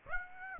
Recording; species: mosquito wingbeat signal from an infrared sensor; Aedes aegypti